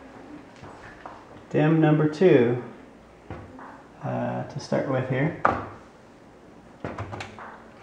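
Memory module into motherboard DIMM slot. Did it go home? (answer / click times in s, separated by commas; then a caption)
yes / 7.0 s, 7.2 s. A desktop RAM stick is pushed straight down into the second DIMM slot on a motherboard while someone talks, followed by a cluster of light clicks. The retention clips snap closed at about 7.0 s and 7.2 s, and the module seats in place.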